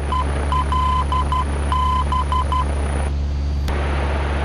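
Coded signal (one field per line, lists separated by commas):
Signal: Morse code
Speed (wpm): 12 wpm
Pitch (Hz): 1020 Hz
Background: none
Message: ELB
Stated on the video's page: Morse heard in Microsoft Flight Simulator 2020 while using the G1000 PFD; simulated, not real world.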